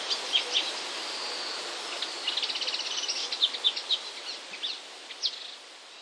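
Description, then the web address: Marsh warbler song: a fast, varied run of high chirps, buzzy trills and sharp clicking notes, with brief pauses and a quieter close. "wroblowe kolekcja lozowka"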